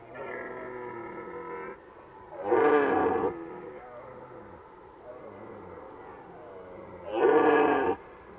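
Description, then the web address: Red deer roaring: a long harmonic moan, then two short, loud, harsh bellows about four and a half seconds apart. Recorded in Valsolda. "cibra valsolda. Cervo"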